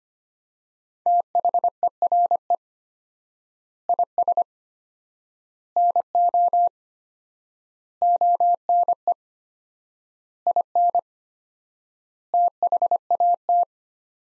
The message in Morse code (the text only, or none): THERE IS NO ONE IN THAT